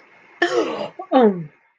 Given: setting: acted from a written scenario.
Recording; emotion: vocal sound without words; negative surprise